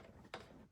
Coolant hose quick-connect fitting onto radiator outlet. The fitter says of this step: You'll feel it lock into place.